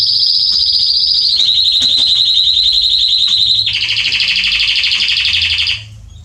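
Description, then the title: Belgian canary singing a long, very rapid trill that drops slightly in pitch, switches to a lower rolling trill, then stops abruptly. Male Belgian canary singing a lot, meant to warm up and train young canaries. "Canary Training Esquente Seu Filhote E Canario Belga Macho Cantando Muito. CANTO DO CANRIO"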